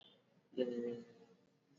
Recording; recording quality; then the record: sustained vowel as in made; moderate, slight background noise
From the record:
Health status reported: exposed to COVID-19, no respiratory illness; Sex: male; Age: 30 years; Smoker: no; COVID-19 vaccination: both doses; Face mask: worn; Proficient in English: yes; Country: India